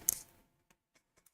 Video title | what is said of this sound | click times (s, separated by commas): Building a LEGO x Yugioh Dark Magician! | That was a good clicky clack. | 0.1 s